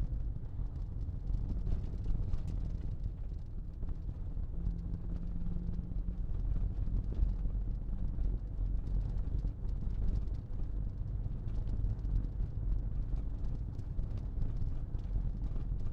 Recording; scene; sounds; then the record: everyday scene through a hearing-aid microphone; in a vehicle; engine, rumble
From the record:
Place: Berlingo II, diesel engine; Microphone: in the ear canal, left